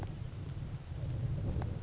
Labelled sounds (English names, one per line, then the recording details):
Grasshopper Sparrow
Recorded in Sonoma County, California